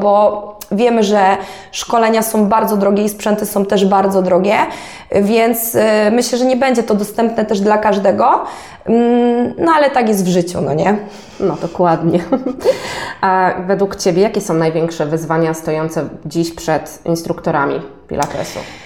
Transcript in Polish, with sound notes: No bo wiemy, że szkolenia są bardzo drogie i sprzęty są też bardzo drogie, więc myślę, że nie będzie to dostępne też dla każdego. No ale tak jest w życiu, no nie?
No dokładnie [śmiech] A według Ciebie, jakie są największe wyzwania stojące dziś przed instruktorami pilatesu?